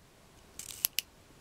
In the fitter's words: you hear it clicking